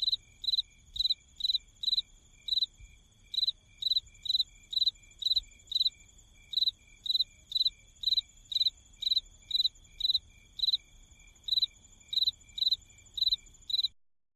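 Field cricket chirping steadily, short pulsed chirps repeated about twice a second throughout, with faint low background noise.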